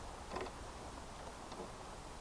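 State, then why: Not seated. A replacement snap-on presser foot is slid into position under a serger's foot holder, with faint scraping and handling sounds around 0.4 s and 1.5 s over a steady low background hum. Nothing has seated or clicked yet; the foot is not yet snapped home.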